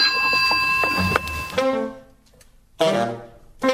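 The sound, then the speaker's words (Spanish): A telephone rings with a steady, bright electronic tone for about a second and a half, followed by a quieter gap and two shorter, harmonic bursts of sound. “El teléfono ya sonó.”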